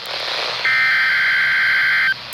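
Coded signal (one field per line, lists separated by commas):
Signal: Emergency Alert System (SAME) tones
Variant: header bursts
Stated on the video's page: Required Weekly Test recorded at school on an iPhone.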